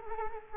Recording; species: mosquito wingbeat signal from an infrared sensor; Culex quinquefasciatus